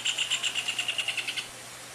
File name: canto do joao de barro